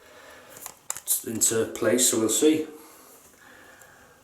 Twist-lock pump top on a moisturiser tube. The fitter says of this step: all sort of gimmicks has got this thing turn the top and it locks into place